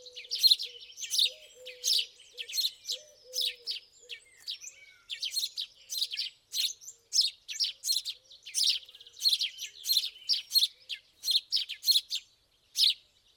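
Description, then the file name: House sparrow chirping busily, a dense run of quick harsh chirps, with soft low cooing notes early on. "Passer domesticus"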